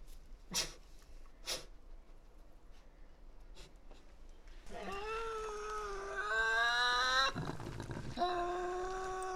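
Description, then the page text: Tasmanian devil calls: a few knocks and thumps, then a rising harmonic screech that swells and grows harsher, broken by a brief rough burst, then resumes as a steady whine. Resident devils inside an enclosure at a conservation facility at Cradle Mountain, Tasmania, disputing who has priority; October 24, 2007. "Tasmanian devil. Inside an enclosure at the world-class conservation facility at Cradle Mountain, Tasmania"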